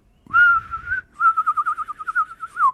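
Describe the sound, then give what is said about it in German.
A person whistles a bird call: one long, steady tone, then a quick run of about a dozen short warbling pulses at a similar mid-high pitch, clear and fairly loud with no talking. “ja, ich glaube, da brauche ich sehr lang, bis ich die ganzen Vögel imitieren könnte.”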